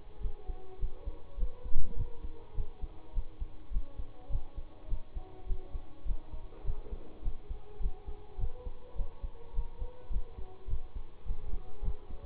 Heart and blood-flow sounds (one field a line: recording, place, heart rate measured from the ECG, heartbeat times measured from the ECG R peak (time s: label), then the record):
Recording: heart sounds by stethoscope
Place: between the tricuspid and mitral areas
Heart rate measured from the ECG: 103 bpm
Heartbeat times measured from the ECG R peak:
0.20 s: heartbeat
0.79 s: heartbeat
1.37 s: heartbeat
1.96 s: heartbeat
2.54 s: heartbeat
3.13 s: heartbeat
3.71 s: heartbeat
4.29 s: heartbeat
4.88 s: heartbeat
5.46 s: heartbeat
6.05 s: heartbeat
6.64 s: heartbeat
7.22 s: heartbeat
7.80 s: heartbeat
8.38 s: heartbeat
8.95 s: heartbeat
9.53 s: heartbeat
10.10 s: heartbeat
10.67 s: heartbeat
11.25 s: heartbeat
11.82 s: heartbeat
From the record:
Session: bicycle stress test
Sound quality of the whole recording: good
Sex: male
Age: 26 years